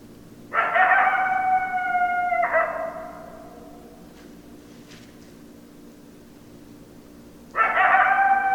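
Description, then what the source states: Coyote howl: a steady, held note lasting about two seconds with a short break at the end, then quiet, then another howl begins near the end. Recorded 10 December 2012.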